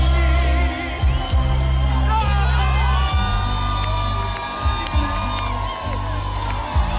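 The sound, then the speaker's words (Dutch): A large festival crowd at the Total Los Festival in Best cheers and whoops loudly and continuously for several seconds, with scattered high shouts rising above a dense, steady roar of voices. “Ja, ik kan het bijna niet horen, het is altijd gejuicht door.”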